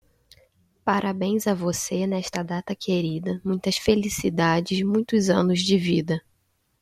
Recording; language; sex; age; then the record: short text; Brazilian Portuguese; female; 20 to 29 years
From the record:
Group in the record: control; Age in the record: 25 years